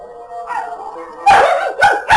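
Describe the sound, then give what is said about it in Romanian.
Wolves howling in a forest, heard from inside a forester's hut: a long, wavering mid-pitched howl rises and holds, then three loud, harsh bark-like outbursts break in, the last two close together. “Lupi! Sunt urlete de lupi!”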